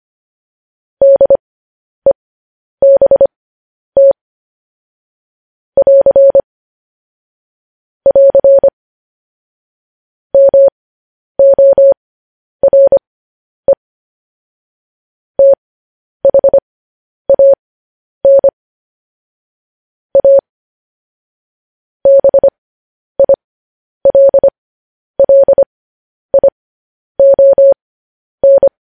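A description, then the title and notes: Morse code tapped out as a single steady tone in the middle register, switching cleanly on and off in short dots and longer dashes. Groups of beeps come at an irregular pace across the whole half minute, separated by dead silence with no background noise. Morse code.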